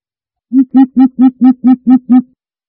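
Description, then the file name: Greater coucal producing eight low, rounded hoots in a brisk, regular sequence. Calling in the forest. "Tieng chim bim bip rung keu"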